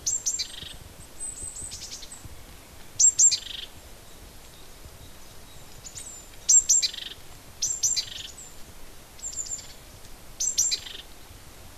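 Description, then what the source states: Bird giving high, thin chirps and quick downward-sweeping notes in short bursts at irregular intervals, over a faint steady background hiss. Native hedge bird, recorded in February.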